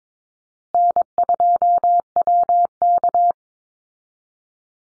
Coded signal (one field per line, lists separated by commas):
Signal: Morse code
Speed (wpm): 22 wpm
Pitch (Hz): 700 Hz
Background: none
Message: N2WK